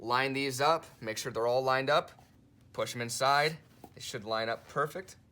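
A particleboard shelf board (board A) for a YITAHOME Tree Bookshelf, a 9-shelf floor-standing modern tree bookcase, is lined up and pushed onto the wooden dowels of the bookcase frame while someone talks throughout. The board is still being handled and has not seated or clicked into place yet.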